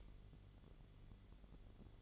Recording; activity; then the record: daily activity, microphone in the room; light off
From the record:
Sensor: 4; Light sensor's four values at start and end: 12/27/10/10 and 12/27/10/10